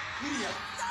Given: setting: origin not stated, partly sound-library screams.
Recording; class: one-second piece from a danger detection set; woman in danger